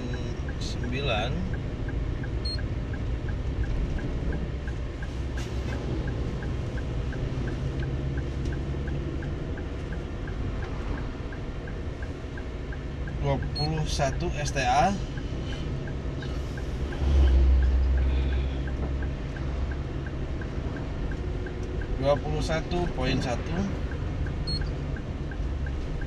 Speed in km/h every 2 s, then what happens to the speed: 33, 33, 33, 33, 33, 33, 33, 33, 33, 33, 33, 33, 34.
0-26 steady at about 33.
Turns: none.